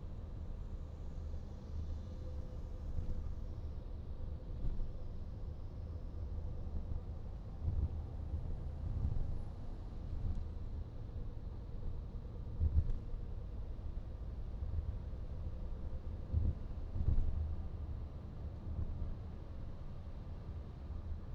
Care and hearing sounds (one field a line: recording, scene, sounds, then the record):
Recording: everyday scene through a hearing-aid microphone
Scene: in a vehicle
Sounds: engine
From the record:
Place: VW T5 Caravelle, diesel engine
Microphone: in the ear canal, right